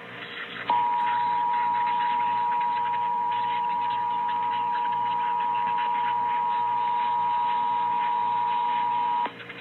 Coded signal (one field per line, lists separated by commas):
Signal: Emergency Alert System (SAME) tones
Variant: 853 and 960 Hz attention tone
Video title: MA Required Monthly Test (10/2/18)